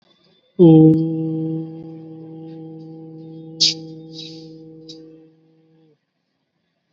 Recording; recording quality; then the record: sustained vowel as in boot; excellent, no background noise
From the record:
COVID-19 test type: RT-PCR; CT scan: not taken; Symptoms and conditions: none ticked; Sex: male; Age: 19 years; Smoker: no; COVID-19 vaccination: both doses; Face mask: worn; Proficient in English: yes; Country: India